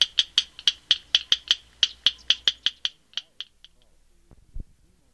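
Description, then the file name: Yellow rail clicking call: sharp, dry ticks in rapid series of doubles and triples for about three seconds, fading into scattered softer clicks, then a brief low thump. Marsh Monitoring Program training recording. "Yellow Rail-mmp training"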